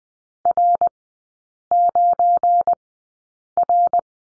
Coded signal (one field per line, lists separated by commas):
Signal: Morse code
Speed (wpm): 20 wpm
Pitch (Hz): 700 Hz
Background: none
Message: R9R